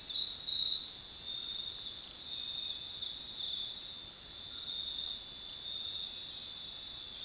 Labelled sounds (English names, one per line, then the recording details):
none
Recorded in dense forest near Puerto Asís, Putumayo, Colombia, on 20 February 2024 at 01:30
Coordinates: 0.466, -76.327
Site G6413